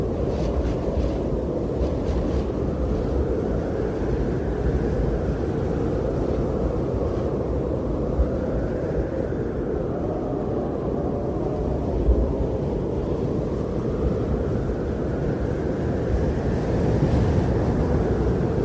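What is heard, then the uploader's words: A winter storm blows as a thick, steady roar, heavy in the low end with little brightness above. The wind swells slowly in long waves, rising around eight seconds and again near the end, while the overall loudness stays nearly constant. Winter Storm Snowstorm Blizzard White Noise.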